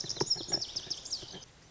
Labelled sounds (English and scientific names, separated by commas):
Lazuli Bunting (Passerina amoena)